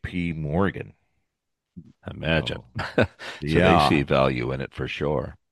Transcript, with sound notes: Morgan.
Imagine. (laughs)
Yeah.
So they see value in it, for sure.